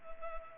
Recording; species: mosquito wingbeat signal from an infrared sensor; Culex pipiens